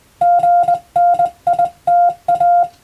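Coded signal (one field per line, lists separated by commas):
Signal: Morse code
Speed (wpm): 20 wpm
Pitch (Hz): 700 Hz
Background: music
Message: GNITA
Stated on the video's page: Morse reception practice for Japanese radiotelegraph operator exam, using European-language telegram practice texts.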